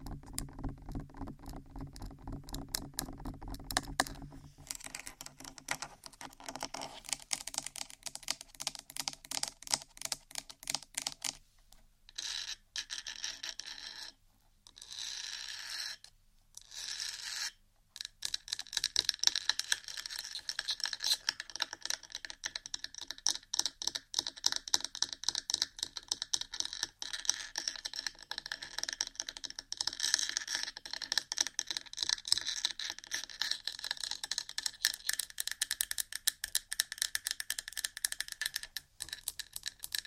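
Rapid tapping, like fingers on a keyboard, runs through the whole recording in dense, irregular bursts. The first few seconds sound lower and fuller, then the taps turn crisper and brighter, broken by short pauses around 12 to 18 seconds before continuing steadily.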